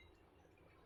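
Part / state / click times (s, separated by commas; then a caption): garment steamer head into steamer body / not seated / none. A plastic steamer head of an Inalsa handy garment steamer is being fitted onto the steamer's water tank body by hand, heard as a steady low handling rumble with faint rustling. Nothing has seated or clicked yet; the head is handled but not yet locked home.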